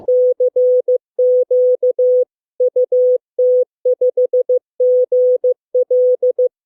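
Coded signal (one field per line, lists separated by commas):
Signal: Morse code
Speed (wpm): 14 wpm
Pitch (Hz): 500 Hz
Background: music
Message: CQ UT5GL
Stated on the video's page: Morse Runner, a computer program emulating an HF contest.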